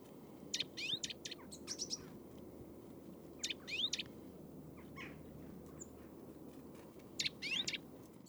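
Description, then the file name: Eurasian nuthatch calls, sharp high chirps given in short clusters of three or four notes, repeated with gaps of a second or more over a steady low background hum. "Sitta europaea"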